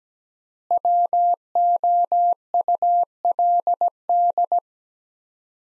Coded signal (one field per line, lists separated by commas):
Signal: Morse code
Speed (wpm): 17 wpm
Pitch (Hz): 700 Hz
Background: none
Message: WOULD